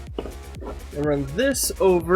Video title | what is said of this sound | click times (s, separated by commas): How Cheap to Get Started?? | Gonna get that in there. Clip. | 0.2 s